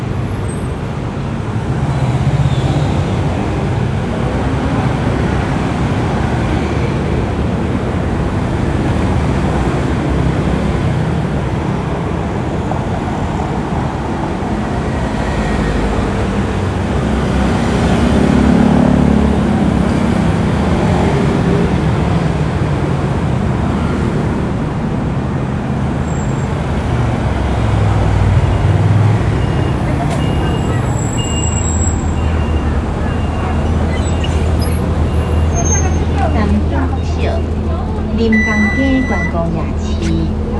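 Inside a bus, a steady low engine rumble runs throughout with a constant dense road hiss at a fairly even level. The motor tone shifts slightly around the middle and again toward the end, and faint indistinct voices and small rattles surface occasionally.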